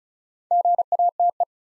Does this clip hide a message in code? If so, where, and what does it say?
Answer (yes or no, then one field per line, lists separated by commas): yes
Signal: Morse code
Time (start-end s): 0.5-1.4 s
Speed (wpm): 36 wpm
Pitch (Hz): 700 Hz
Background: none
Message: GATE